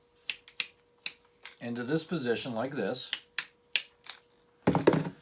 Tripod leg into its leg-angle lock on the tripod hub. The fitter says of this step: you move this down you're gonna hear those positive clicks and so